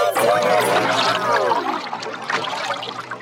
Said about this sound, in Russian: Вода в реке дрогнула, покрылась рябью. По ней пошли большие круги